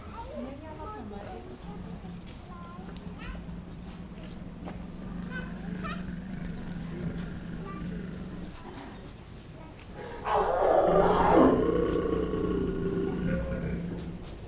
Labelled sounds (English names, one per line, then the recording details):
Lion
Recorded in captivity
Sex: pair
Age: adult
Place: Zoo Leipzig, Sachsen, DE
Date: 1959-09-17 13:45
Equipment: Reporter (Vollspur)
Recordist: TSA